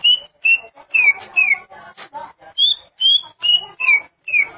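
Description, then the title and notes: Greater green leafbird song: about nine clear whistled notes, some falling and some rising, with a pause after the first four, over softer chatter. "Suara Kicauan Burung Cucak Ijo"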